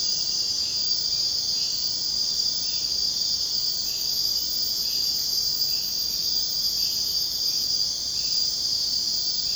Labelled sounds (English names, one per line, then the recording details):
none
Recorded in secondary vegetation near Puerto Asís, Putumayo, Colombia, on 22 June 2025 at 00:00
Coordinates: 0.484, -76.319
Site G074